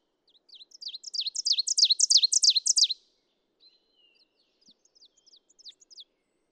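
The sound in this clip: Ovenbird song: loud, quick, rhythmic repeated phrases swelling for about two and a half seconds, followed by a faint, thinner series of similar notes.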